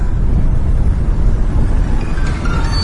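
A strong gust of wind roars steadily for a few seconds at a deserted street crossroads at night, a loud, continuous low rumble with a breathy hiss on top and no voices.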